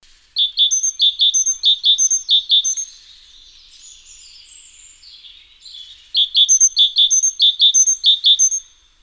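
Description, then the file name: Great tit repeating crisp, high paired notes in a quick steady series, breaking for a softer twittering interlude before launching into another run of the same rhythmic phrases. "Parus major"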